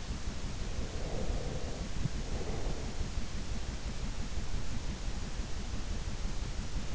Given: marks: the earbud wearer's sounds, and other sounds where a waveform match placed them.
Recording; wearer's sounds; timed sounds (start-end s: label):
sounds in sleep by an in-ear microphone; breath
0.78-3.26 s: breath